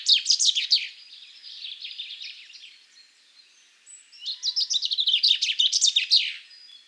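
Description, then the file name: Common chaffinch song: a burst of rapid bright notes, a quieter stretch of softer notes, then after a pause a longer phrase of rapid notes. "Fringilla coelebs"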